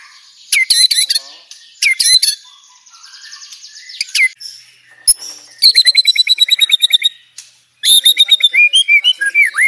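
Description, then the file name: White-rumped shama song: clear looping whistles, then long fast trains of repeated high notes, ending with a rapid rattling run and falling whistled slurs. Banjar type; rapid-fire 'tembakan' song style delivered at tight speed. "Suara tembakan speed rapat Murai batu banjar"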